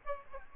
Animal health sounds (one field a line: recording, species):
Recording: mosquito wingbeat signal from an infrared sensor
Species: Aedes albopictus